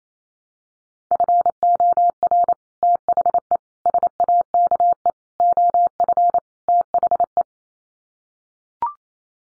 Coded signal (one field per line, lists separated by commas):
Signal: Morse code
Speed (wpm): 28 wpm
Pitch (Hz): 700 Hz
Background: none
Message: FOR THE SAKE OF THE